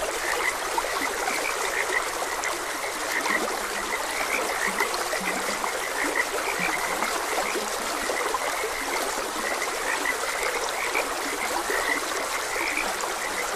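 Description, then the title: Frog chorus with many short chirping croaks scattered throughout, layered over a constant burbling stream. Frogs croaking beside a gentle stream. "Gentle Stream and Frogs Croaking"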